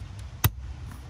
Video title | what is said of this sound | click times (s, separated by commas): Ram 1500 Corsa Cold Air Intake Install (2019+) | Again, try and listen for the click, | 0.4 s